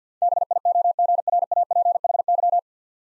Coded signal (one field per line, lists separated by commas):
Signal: Morse code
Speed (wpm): 50 wpm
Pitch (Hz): 700 Hz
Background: none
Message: BIOGRAPHY